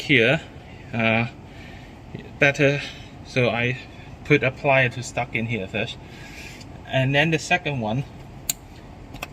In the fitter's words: uh i just hear the click again so it takes a